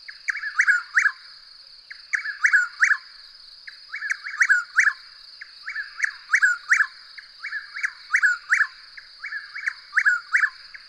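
Bird song with clusters of bright, falling chirps in rapid groups, returning roughly every two seconds, and a steady high-pitched hum underneath throughout.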